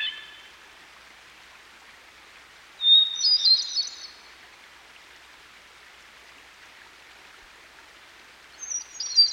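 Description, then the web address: Hermit thrush singing a high, fluty phrase that starts on a clear held note and breaks into tumbling notes, with another phrase starting about six seconds later; water rushes throughout. Singing by a stream. "Dan Gibson Songbirds By The Stream. Hermit Thrush"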